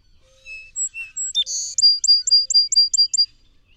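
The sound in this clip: Song sparrow song: scattered high whistles, a rough buzzy note, then a steady series of several sharp chirps at one pitch.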